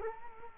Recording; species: mosquito wingbeat signal from an infrared sensor; Culex quinquefasciatus